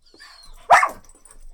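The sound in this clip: Dog yelp: one sharp, high yelp that falls quickly, with faint quieter sounds around it.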